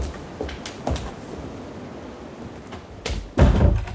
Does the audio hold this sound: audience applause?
no